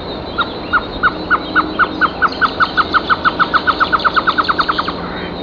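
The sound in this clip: Great antshrike call, a series of hollow, mid-pitched hoots that start slowly and speed up steadily into a fast rattle, with a continuous background hiss.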